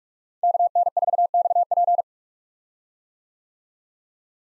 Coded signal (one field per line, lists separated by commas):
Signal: Morse code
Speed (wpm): 41 wpm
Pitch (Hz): 700 Hz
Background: none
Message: KN4XP